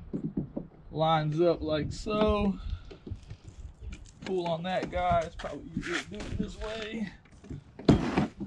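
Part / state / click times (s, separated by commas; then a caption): kayak seat frame onto its deck mounts / seated / 7.9 s. A kayak seat frame is put back onto its deck mounts, lined up and slid into place, while someone talks. It locks onto its base with a sharp knock at 7.9 seconds.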